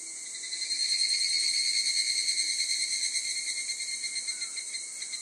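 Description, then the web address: Evening cicada song, a shrill pulsing trill that swells in the first second, holds steady with a fast throbbing rhythm, then gradually softens toward the end. Local name kanakana. "insect kanakana"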